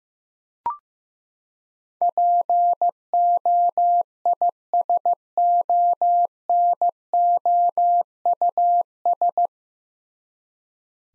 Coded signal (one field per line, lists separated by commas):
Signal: Morse code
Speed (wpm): 15 wpm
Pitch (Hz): 700 Hz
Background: none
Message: POISONOUS